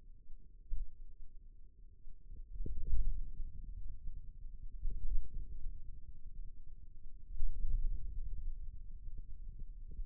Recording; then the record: forearm muscle sounds (acoustic myography)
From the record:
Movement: wrist flexion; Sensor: system 2, bracelet of six BSWA MPA416 microphones around the upper forearm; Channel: 3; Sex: male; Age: 22 years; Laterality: right